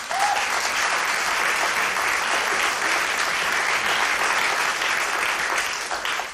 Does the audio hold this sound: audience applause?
yes